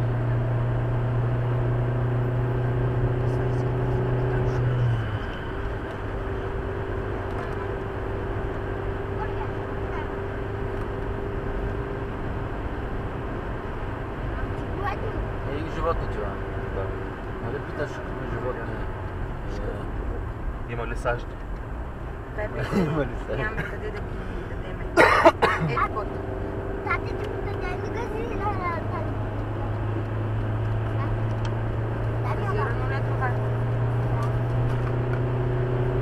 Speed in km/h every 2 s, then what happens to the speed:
92, 93, 92, 92, 92, 95, 95, 92, 91, 81, 73, 70, 68, 76, 81, 86, 90, 94.
0-12 steady at about 92. 12-21 slows to 70. 24-36 speeds up to 94.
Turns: none.